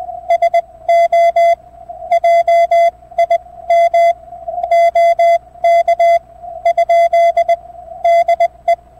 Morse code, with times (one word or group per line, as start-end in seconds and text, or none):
0.3-1.5 SO
2.1-4.1 JIM
4.7-6.2 OK
6.7-7.5 ?
8.1-8.7 DE